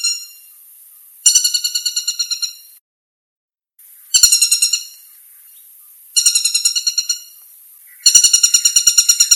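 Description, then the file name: Flameback giving fast, sharp rattling trills in four bursts of varying length, with gaps between them. "suara pelatuk tunggir emas"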